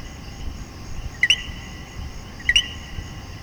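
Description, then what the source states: Common coquí: a pair of co-kee calls from a common coquí, short low note and higher rising note, spaced over a second apart above faint background hum. Puerto Rico.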